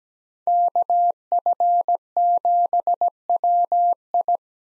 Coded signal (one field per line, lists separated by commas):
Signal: Morse code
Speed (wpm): 17 wpm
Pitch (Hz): 700 Hz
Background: none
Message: KF7WI